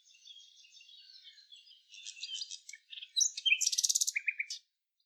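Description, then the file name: Common nightingale song building from soft buzzy notes to a loud, fast rattle of high, even notes, ending abruptly. "Luscinia megarhynchos"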